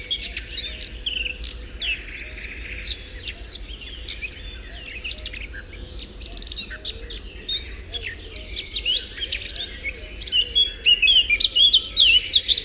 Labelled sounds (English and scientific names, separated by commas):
Eurasian Blackcap (Sylvia atricapilla) song